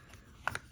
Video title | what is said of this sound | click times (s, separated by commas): Ray-Ban Meta (Gen 1) Wayfarer Unboxing! My most impulsive purchase? | And I think that snapped in place. | 0.5 s, 0.6 s